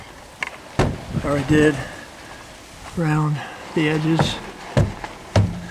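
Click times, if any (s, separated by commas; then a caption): 4.8 s, 5.4 s. The door trim panel of a Honda Element, being refitted during a window regulator replacement, is struck around its edges so its plastic retaining clips snap into the metal door, giving sharp thumps while someone talks. The clips snap in and the panel seats, with clicks at 4.8 s and 5.4 s.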